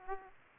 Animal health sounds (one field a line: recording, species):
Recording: mosquito wingbeat signal from an infrared sensor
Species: Aedes aegypti